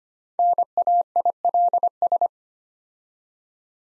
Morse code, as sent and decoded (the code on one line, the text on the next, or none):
-. .- .. .-.. ...
NAILS